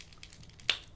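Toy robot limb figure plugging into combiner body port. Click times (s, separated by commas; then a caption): 0.7 s. A plastic Transformers toy figure, Scrapper, is plugged into the connection port of the combined Devastator figure. After a faint tick at 0.2 s, a sharp, bright click at 0.7 s rings briefly and shows the connector has seated.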